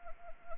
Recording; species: mosquito wingbeat signal from an infrared sensor; Anopheles arabiensis